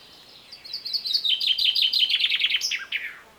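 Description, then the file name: Common chaffinch delivering its song, a bright run of repeated notes stepping down in pitch before a crisp closing flourish. "Fringilla coelebs"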